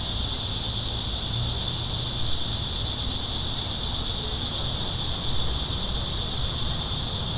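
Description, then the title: Cicadas in a steady, dense, pulsing high-pitched buzz that never pauses, over a low rumbling hum. Cicadas singing in town. "neoscenes: cicadas in town"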